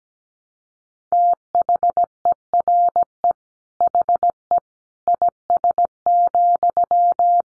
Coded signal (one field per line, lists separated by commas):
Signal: Morse code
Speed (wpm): 17 wpm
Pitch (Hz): 700 Hz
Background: none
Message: THERE HE IS,